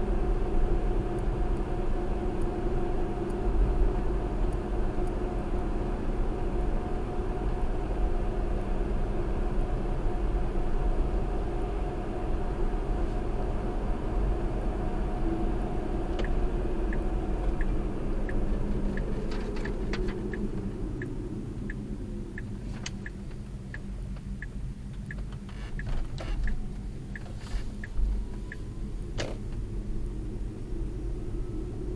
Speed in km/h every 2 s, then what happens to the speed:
69, 69, 69, 69, 69, 69, 69, 71, 64, 53, 31, 16, 16, 18, 31, 35.
0-15 steady at about 69. 15-22 brakes to 16. 26-32 speeds up to 35.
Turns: 21-26.